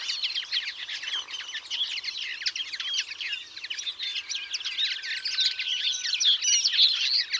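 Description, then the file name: European greenfinch twittering, a steady run of fast, overlapping chirps with a thin drawn-out tone partway through. "Chloris chloris"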